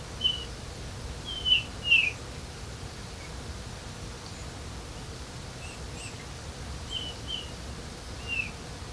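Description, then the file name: Eurasian bullfinch giving short, soft whistled notes: three clear calls in the first two seconds, then fainter scattered notes later, over steady low background noise. "Pyrrhula pyrrhula"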